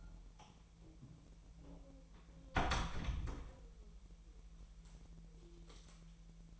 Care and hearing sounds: daily activity, microphone in the room; close door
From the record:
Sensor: 1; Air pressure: 1001.3 hPa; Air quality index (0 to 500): 249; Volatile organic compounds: 136 ppm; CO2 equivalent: 3956 ppm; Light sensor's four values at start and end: 13/30/12/14 and 12/30/12/13

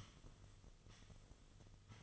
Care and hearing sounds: daily activity, microphone in the room; sweep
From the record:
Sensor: 4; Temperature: 26.3 degrees Celsius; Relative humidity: 32.1%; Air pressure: 1005.6 hPa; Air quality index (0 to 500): 110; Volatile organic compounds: 3 ppm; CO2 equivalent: 1367 ppm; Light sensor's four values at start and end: 13/29/11/11 and 13/29/11/11

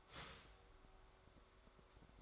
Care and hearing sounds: daily activity, microphone in the room; start toaster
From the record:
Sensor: 3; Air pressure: 1014.7 hPa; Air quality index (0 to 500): 198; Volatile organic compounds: 25 ppm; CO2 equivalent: 2832 ppm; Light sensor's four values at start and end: 4/11/4/4 and 4/11/4/4

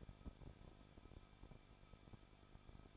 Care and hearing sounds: daily activity, microphone in the room; no activity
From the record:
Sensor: 5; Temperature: 20.8 degrees Celsius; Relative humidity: 38.6%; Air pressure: 1006.4 hPa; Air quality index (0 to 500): 192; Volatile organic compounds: 21 ppm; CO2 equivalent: 2715 ppm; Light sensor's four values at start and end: 2/3/1/1 and 2/3/1/1

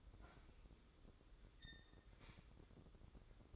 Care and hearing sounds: daily activity, microphone in the room; open fridge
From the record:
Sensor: 3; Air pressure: 995.2 hPa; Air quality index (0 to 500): 78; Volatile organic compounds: 6 ppm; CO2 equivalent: 1852 ppm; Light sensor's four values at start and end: 20/58/25/21 and 20/58/25/21

